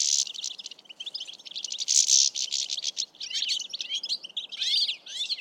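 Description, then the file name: European goldfinch calls: high, liquid twittering and tinkling chatter in lively bursts, almost continuous throughout with short pauses. "Carduelis carduelis"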